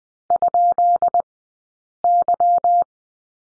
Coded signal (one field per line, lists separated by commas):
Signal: Morse code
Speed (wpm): 20 wpm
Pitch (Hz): 700 Hz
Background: none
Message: ?Y